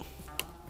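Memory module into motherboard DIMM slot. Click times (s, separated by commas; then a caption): 0.4 s. A memory module that had not fully seated is pushed again into its motherboard DIMM slot. A single sharp, bright click sounds at 0.4 s over a low steady hum, and the module seats.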